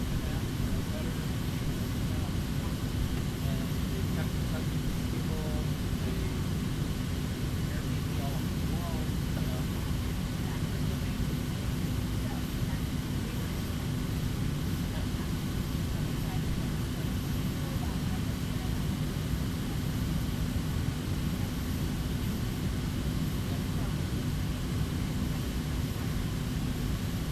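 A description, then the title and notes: Engines hum steadily throughout, a dense, unchanging low drone with a thin high whine riding on top. Loudness holds level from start to finish with no distinct events. Faint, scattered murmurs like voices surface now and then in the middle. Burbank to San Francisco the Skyward Journey. The hum of the engines.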